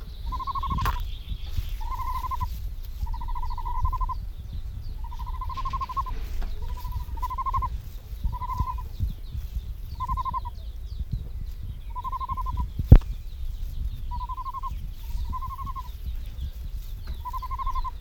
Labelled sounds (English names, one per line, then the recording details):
Great Bustard call
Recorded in captivity
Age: juvenile
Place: Serrahn, Mecklenburg-Vorpommern, DE
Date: 1970-06-26
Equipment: Nagra III BH, Sennheiser MD 421
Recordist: Schubert, Michael
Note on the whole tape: Großtrappe, 2-3-wöchige Junge, handaufgezogen: Triller-Ruf "rri" und sonorer Langruf (deutlich zwei-stimmig. Am Schluß tiefer, gutturaler Triller. MD 421